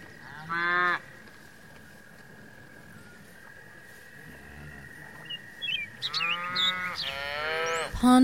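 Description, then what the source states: Cow moos, a short call near the start, then longer moos toward the end over a steady high background hum. Cows grazing in a pasture.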